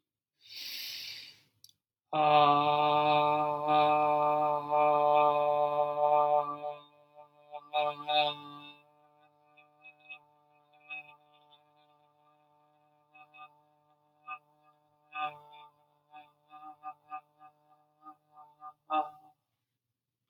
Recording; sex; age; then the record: vowel held as long as possible; male; 20 to 29 years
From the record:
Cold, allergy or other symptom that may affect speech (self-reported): no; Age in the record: 23 years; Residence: Virginia, United States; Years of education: 16